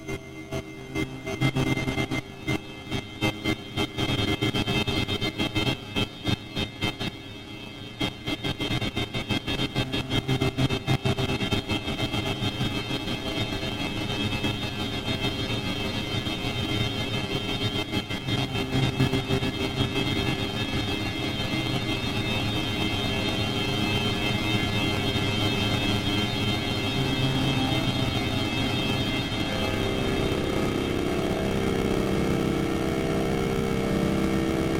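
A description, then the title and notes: A drone's motors buzz and whine, choppy and flickering for the first ten seconds with a brief dip near the eighth second. The sound then settles into a steady, dense hum with several sustained pitched tones, and a low rumble thickens toward the end. Drone.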